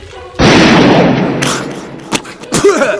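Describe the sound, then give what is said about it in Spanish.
A sudden loud gunshot blast rings out with a long, noisy tail, followed by a second burst and a couple of short sharp cracks as a voice starts speaking. “¡Ah, dispárale, güey!”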